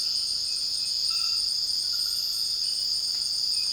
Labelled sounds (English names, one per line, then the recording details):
none
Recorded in dense forest near Puerto Asís, Putumayo, Colombia, on 18 February 2024 at 03:00
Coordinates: 0.481, -76.318
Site G6421